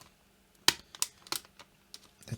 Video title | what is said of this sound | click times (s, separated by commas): I Restored a Broken Sony Walkman CD Player to Working Condition | we need to click it back in place. | 0.7 s